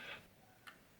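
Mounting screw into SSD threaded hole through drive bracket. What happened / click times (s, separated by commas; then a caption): The screw dropped into the thread start but is not yet tightened home / none. A small metal mounting screw is being turned into the threaded hole of an SSD through a 3.5-inch drive bracket, dropping into the start of the thread. A soft rustling handling noise comes first, then quiet, then a brief high-pitched sound near 0.7 s. The screw is still being handled, and nothing has seated or clicked yet.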